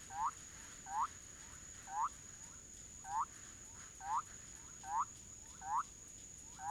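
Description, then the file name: Bolivian thin-toed frog gives sharp upward-sweeping whoops at a steady pace of roughly one per second, with softer similar calls in between and a constant thin high tone behind. "Leptodactylus bolivianus"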